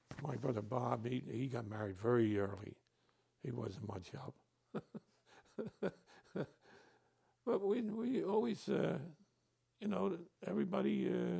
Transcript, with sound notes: My brother, Bob, he got married very early. He wasn't much help. [Laughs] But we always — you know, everybody —